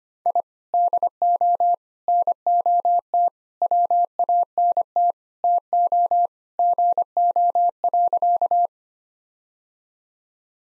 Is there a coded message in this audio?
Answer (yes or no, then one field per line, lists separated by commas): yes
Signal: Morse code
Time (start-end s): 0.3-8.7 s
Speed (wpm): 25 wpm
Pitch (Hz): 700 Hz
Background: none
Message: I DO NOT WANT TO GO.